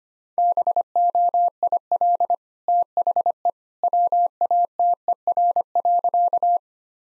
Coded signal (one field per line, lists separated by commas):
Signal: Morse code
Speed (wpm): 25 wpm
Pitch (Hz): 700 Hz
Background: none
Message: BOIL THE WATER.